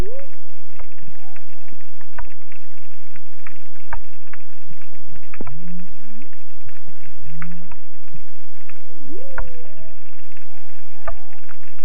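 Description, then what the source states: Humpback whale song: a scattered series of swooping whoops, short whistles and low rising grunts spread throughout, over dense popping and crackling. Recorded 6 June 2017.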